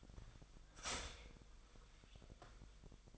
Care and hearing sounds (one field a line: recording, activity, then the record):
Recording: daily activity, microphone in the room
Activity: start toaster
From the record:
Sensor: 5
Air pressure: 1002.1 hPa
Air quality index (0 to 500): 207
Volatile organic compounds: 20 ppm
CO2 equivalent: 2683 ppm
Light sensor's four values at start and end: 33/108/41/43 and 33/108/41/44